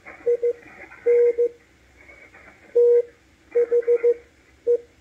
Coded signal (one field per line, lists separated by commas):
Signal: Morse code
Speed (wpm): 15 wpm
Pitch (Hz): 480 Hz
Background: none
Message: IN THE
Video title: W1AW cw decode - MALAHITEAM DSP-2 sdr receiver 6-28-2022